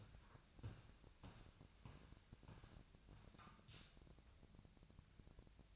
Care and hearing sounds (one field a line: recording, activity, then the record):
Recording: daily activity, microphone in the room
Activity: walk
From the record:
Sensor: 2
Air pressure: 1012.0 hPa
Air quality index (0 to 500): 172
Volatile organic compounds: 2 ppm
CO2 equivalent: 1259 ppm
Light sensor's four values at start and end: 43/114/48/53 and 43/114/48/54